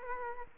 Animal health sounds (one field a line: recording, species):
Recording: mosquito wingbeat signal from an infrared sensor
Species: Culex quinquefasciatus